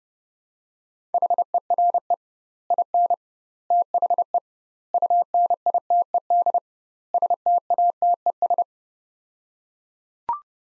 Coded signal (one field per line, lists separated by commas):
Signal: Morse code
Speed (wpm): 32 wpm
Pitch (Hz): 700 Hz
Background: none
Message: HERE IN THE UNITED STATES